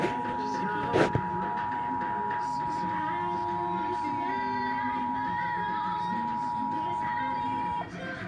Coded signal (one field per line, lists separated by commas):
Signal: Emergency Alert System (SAME) tones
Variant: 853 and 960 Hz attention tone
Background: music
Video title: Severe Thunderstorm Warning EAS #75